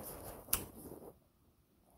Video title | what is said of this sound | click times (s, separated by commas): Dell Inspiron 27 inch all in one installation | there you go it's clicked in it's strong now you can flip it back over | 0.5 s